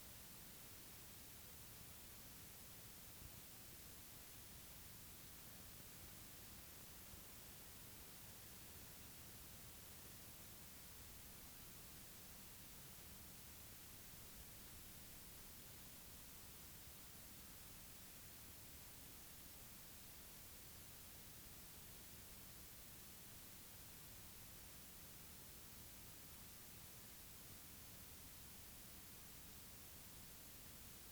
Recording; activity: daily activity, guitar pickup as the sensor; stand